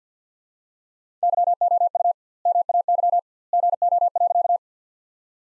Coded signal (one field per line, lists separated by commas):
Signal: Morse code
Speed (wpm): 50 wpm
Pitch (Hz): 700 Hz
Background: none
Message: YOU MAY GO.